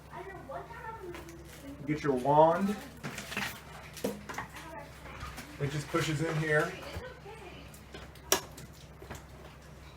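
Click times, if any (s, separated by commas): 8.3 s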